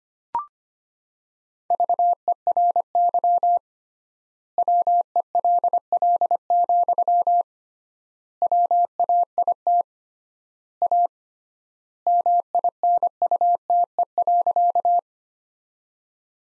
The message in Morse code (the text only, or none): VERY WELL, WAIT A MINUTE.